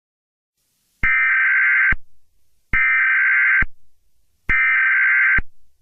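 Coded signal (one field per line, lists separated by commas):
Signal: Emergency Alert System (SAME) tones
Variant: header bursts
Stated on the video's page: Fictional alert scenario.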